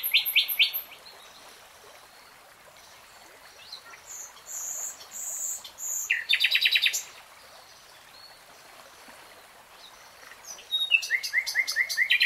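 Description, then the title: Nightingale song in varied phrases: quick rattled notes, a chattering burst, pauses, then a rapid stuttering trill at the end. Real-time recording, not slowed. "[Tiếng chim hót] Nightingale Singing"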